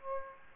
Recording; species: mosquito wingbeat signal from an infrared sensor; Aedes aegypti